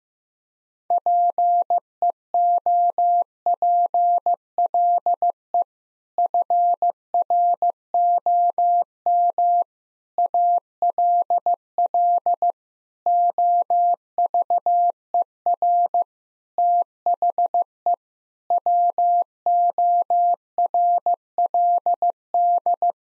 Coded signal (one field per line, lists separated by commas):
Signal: Morse code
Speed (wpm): 15 wpm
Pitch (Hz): 700 Hz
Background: none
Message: PEOPLE FROM ALL OVER THE WORLD